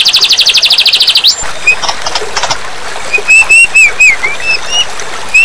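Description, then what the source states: White-rumped shama song: scattered clear whistled notes, some rising, with short pauses between, after a fast, buzzy rattling trill at the start. Mixed song, called campuran, of the murai.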